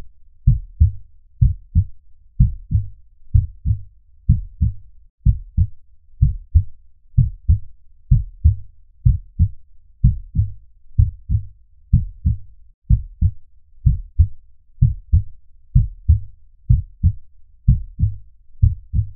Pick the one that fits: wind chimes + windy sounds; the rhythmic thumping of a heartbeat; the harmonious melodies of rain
the rhythmic thumping of a heartbeat